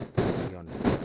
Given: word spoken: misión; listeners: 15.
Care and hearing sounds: one Spanish word in noise, from a listening test; noise modulated by one talker; -12.9 dB; 0 of 15; 7 of 15; 0.65 s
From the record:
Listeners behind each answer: 7, 2, 2, 1, 1, 1, 1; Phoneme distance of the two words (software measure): 20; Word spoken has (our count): 2 syllables, 6 phonemes, stress on syllable 2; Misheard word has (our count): 2 syllables, 6 phonemes, stress on syllable 2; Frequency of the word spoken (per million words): 56.05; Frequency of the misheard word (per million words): 23.95

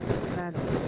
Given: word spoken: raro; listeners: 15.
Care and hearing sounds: one Spanish word in noise, from a listening test; noise modulated by three-talker babble; -3.1 dB; 0 of 15; 11 of 15; 0.49 s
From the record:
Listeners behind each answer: 11, 1, 1, 1, 1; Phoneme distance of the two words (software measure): 10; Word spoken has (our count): 2 syllables, 4 phonemes, stress on syllable 1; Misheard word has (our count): 2 syllables, 4 phonemes, stress on syllable 1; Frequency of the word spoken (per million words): 28.65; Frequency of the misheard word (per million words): 18.30

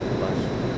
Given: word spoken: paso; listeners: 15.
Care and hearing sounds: one Spanish word in noise, from a listening test; speech-shaped noise; -6.9 dB; 5 of 15; 6 of 15; 0.38 s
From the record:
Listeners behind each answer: 6, 5, 3, 1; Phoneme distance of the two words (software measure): 10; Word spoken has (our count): 2 syllables, 4 phonemes, stress on syllable 1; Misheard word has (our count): 2 syllables, 4 phonemes, stress on syllable 1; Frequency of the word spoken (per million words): 228.90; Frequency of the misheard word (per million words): 39.09

